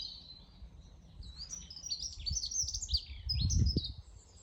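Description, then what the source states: Birds chirp and twitter in high overlapping phrases throughout, with some low thumping noise building near the end. Birds singing in the morning.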